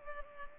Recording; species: mosquito wingbeat signal from an infrared sensor; Culex pipiens